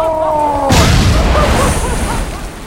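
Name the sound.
explosion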